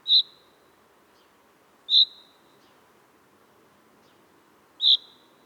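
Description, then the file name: Common chaffinch calling with abrupt, bright single notes, three at uneven gaps over a soft steady background hiss. "Fringilla coelebs"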